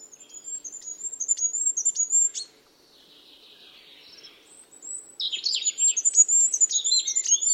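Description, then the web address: Bird song, fast high whistled notes with ticks, a soft faint hiss between, then a buzzy flourish and more rapid high notes. "cianscape. Deverinetal 2025. Bird Only"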